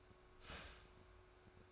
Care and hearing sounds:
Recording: daily activity, microphone in the room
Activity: start toaster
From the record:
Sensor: 2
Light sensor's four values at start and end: 3/9/3/3 and 3/9/3/3

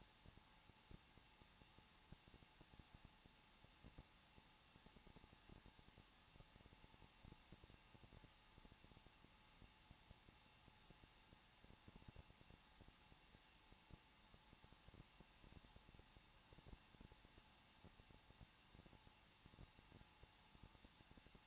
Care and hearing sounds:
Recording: daily activity, microphone in the room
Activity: no activity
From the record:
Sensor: 1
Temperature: 20.1 degrees Celsius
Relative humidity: 39.2%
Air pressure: 1006.3 hPa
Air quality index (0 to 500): 218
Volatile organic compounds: 79 ppm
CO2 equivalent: 3597 ppm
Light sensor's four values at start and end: 1/2/1/1 and 1/2/1/1

